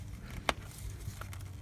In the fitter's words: snap that in close that up and now